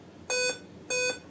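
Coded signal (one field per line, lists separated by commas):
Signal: beep code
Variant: Dell laptop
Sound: two short buzzy electronic beeps, evenly spaced, in a quiet room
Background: quiet room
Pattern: 2 short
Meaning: Likely a RAM (memory) problem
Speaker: ये रम की वजह से के चांसेस ज्यादा है। तो अपने इसको खोल के रम साफ करके दोबारा लगा के देखते हैं।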